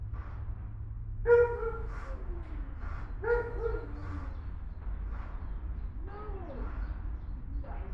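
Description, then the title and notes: Dog whines and yelps, three short tonal bursts sliding downward, spaced a couple of seconds apart over a low background hum. Dogs barking in the dog department of the Albert Schweitzer animal shelter, Altenessen-Süd, Essen, Germany, as a dog returns from a walk. "Altenessen - Süd, Essen, Deutschland - essen, albert schweitzer tierheim, dogs. Im Albert Schweitzer Tierheim in der Hunde Abteilung. Die Klänge von Hundegebell als ein Tier vom "Gassi"- Gehen zurück kehrt. Projekt - Stadtklang//: Hörorte"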